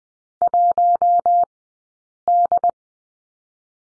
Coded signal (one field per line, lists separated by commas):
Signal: Morse code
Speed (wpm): 20 wpm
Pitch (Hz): 700 Hz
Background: none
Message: 1D